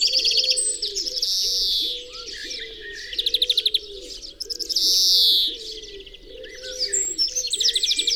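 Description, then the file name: European greenfinch giving trilled twitters and two long drawn-out wheezing notes over a constant low hum. "Chloris chloris"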